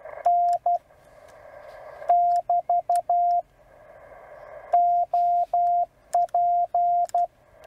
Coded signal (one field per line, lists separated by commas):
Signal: Morse code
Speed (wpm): 12 wpm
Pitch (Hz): 700 Hz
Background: radio noise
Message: N <BT> OP